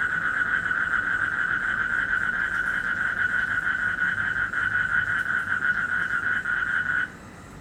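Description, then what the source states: Frog producing a continuous rapid trill for about seven seconds that then stops abruptly, leaving only faint hiss. Recorded in Indonesia in 2012, during travel.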